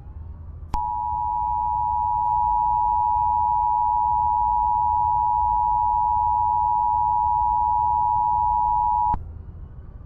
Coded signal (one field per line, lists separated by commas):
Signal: Emergency Alert System (SAME) tones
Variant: 853 and 960 Hz attention tone